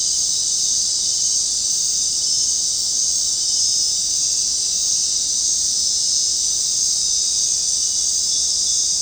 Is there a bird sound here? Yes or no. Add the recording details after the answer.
no. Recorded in dense forest near Puerto Asís, Putumayo, Colombia, on 22 June 2025 at 19:00. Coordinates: 0.499, -76.324. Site G100